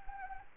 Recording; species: mosquito wingbeat signal from an infrared sensor; Anopheles arabiensis